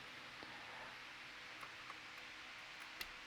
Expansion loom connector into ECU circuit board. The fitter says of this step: onto the board and with a positive click that expansion Loom is now